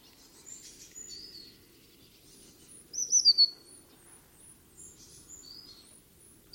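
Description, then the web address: Eurasian blue tit call: one burst of rapid, high, thin descending notes, with other faint high bird chirps and a low steady background hum. "cianscape birddata Deverinetal 2025 File origin Bird Only Cy Ca"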